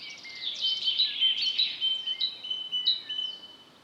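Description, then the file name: Great tit: ringing two-note phrases overlapped by chirps and slurred whistles, making a busy high-pitched chorus. "Parus major"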